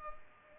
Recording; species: mosquito wingbeat signal from an infrared sensor; Culex pipiens